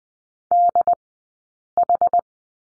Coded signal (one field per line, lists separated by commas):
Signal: Morse code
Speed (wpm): 20 wpm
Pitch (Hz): 700 Hz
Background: none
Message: DH